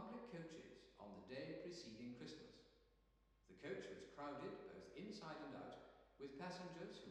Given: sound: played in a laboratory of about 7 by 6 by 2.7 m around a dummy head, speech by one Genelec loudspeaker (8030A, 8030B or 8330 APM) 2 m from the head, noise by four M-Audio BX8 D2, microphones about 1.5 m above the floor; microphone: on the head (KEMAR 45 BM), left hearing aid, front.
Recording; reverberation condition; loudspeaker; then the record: male speech in English; high; 150 degrees to the left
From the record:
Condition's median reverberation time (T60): about 1300 ms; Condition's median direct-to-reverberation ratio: about -4.0 dB